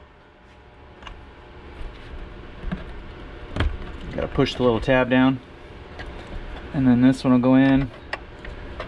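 A plastic wiring harness connector in the rear trunk area of a VW Tiguan is handled during a rear sunroof drain fix, before being pushed into its mating connector. Someone talks over low background noise, with a few faint handling ticks, the sharpest near 3.6 s and 8.1 s. Nothing has seated or clicked yet.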